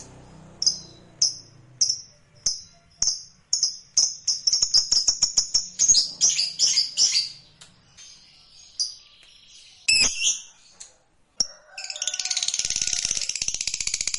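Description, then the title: Lovebird chirps, shrill high notes repeated about twice a second, speeding into a fast string, then a harsh buzzy chatter at the end. "Suara Lovebird"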